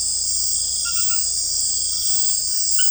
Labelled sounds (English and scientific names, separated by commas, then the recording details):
none
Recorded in dense forest near Puerto Asís, Putumayo, Colombia, on 20 February 2024 at 01:30
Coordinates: 0.487, -76.319
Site G6403